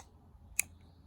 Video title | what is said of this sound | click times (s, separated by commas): 997 AliExpress Android unit Rear Camera, Mic, Heater Switches install | okay there we click | 0.6 s